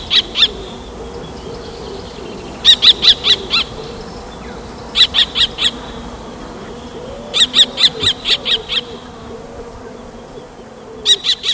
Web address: common kestrel